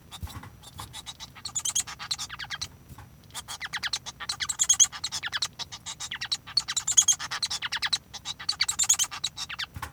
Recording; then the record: song of a male Bengalese finch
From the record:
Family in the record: son of father 1